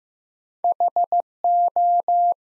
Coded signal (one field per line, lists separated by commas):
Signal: Morse code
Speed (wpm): 15 wpm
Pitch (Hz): 700 Hz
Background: none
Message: HO